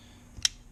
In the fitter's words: look at that it's huge it's beefy makes us such a satisfying click when you this